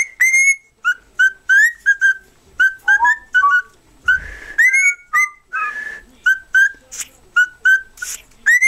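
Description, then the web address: Cockatiel singing rapid short whistles, mostly level with some rising slurs, broken by a brief low thump and a couple of sharp clicks. "birds cockatiel Cockatiel. sings"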